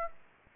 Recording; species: mosquito wingbeat signal from an infrared sensor; Aedes aegypti